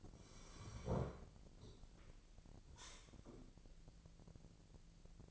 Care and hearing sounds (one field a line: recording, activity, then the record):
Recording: daily activity, microphone in the room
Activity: sit down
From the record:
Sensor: 5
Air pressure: 1002.0 hPa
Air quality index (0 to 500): 246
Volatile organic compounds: 30 ppm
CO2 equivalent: 2950 ppm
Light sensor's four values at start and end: 43/103/43/47 and 44/104/43/47